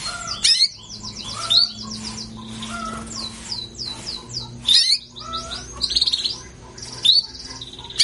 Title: Canto Para Esquentar Canário Belga. Pancingan suara kenari betina birahi untuk TERAPI KENARI MACET bunyi